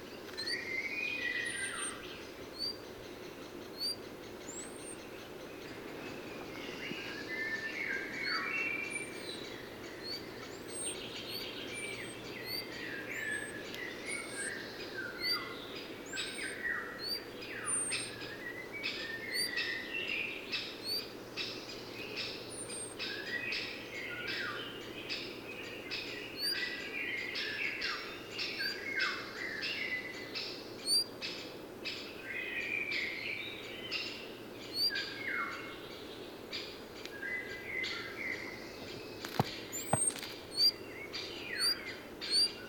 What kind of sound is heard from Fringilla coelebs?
song